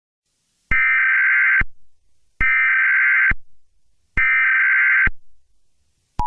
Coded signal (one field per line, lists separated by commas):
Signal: Emergency Alert System (SAME) tones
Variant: header bursts